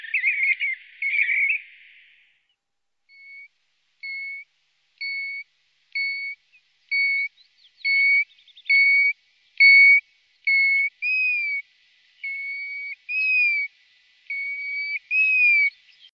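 European golden plover song: a short warble, then clear whistled notes about once a second, later ones rising and falling.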